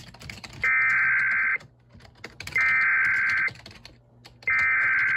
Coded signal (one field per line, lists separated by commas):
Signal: Emergency Alert System (SAME) tones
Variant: header bursts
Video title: EAS 1289: Erie, PA Amber Alert